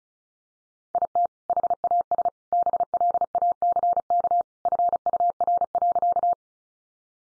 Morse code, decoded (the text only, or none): IT HAS BLACK FUR.